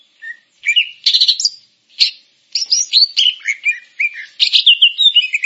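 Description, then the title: Grey-cheeked bulbul singing in short bursts of harsh chatter and clear whistles, the phrases growing denser and more continuous toward the end. "Kicau Burung Cucak Jenggot"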